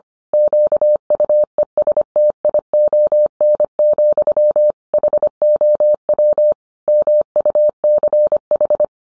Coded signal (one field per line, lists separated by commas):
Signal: Morse code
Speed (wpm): 25 wpm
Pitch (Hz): 600 Hz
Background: none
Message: QUESTION, HOW MUCH